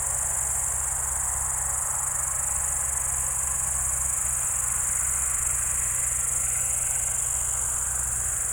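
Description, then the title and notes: Crickets singing in a steady, high, continuous chorus over the low droning rumble of a tractor engine. Evening crickets at Spalona Pass, Bystrzyckie Mountains, Poland, 18 July 2024 around 19:00; old tractor mowing grass in the village below audible. "Spalona 6, 57-516, Polska - Spalona Pass - crickets and haymaking. Przełęcz Spalona w Górach Bystrzyckich. wieczorne świerszcze"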